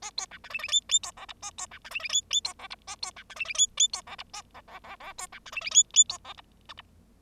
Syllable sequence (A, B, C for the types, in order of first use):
A B C D E E F F B G H A B C D E E F F B G H A B C D E E F F B G H A G G G G B C D E E F F B G H I H